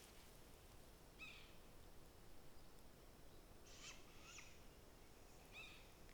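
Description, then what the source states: Great gray owl young giving harsh, hissing screeches in several separate bursts, faint against a quiet outdoor hiss. Young great gray owls calling, with one adult call among them, trying to calm the young and signal it is nearby; Blue Mountains.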